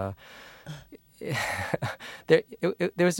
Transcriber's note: laughs